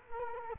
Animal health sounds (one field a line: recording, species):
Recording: mosquito wingbeat signal from an infrared sensor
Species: Culex quinquefasciatus